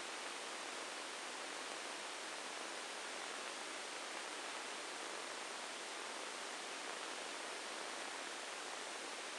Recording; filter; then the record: brain microelectrode recording played as sound; spike band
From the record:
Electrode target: subthalamic nucleus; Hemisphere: right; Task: reaching with the left hand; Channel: 1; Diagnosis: Parkinson's disease